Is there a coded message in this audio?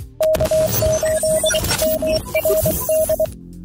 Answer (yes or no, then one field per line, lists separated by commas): yes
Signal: Morse code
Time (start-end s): 0.2-3.3 s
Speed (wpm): 23 wpm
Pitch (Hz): 630 Hz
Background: music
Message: K8MRD